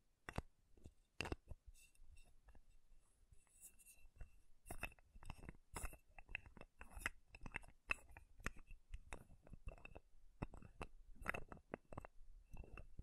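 Makeup containers are tapped and scratched in quick, irregular bursts, with sharp clicks crowding around the fourth to sixth and tenth to twelfth seconds. Brief scraping strokes run between the taps, and a faint steady tone sits under the whole clip.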